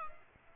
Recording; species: mosquito wingbeat signal from an infrared sensor; Aedes aegypti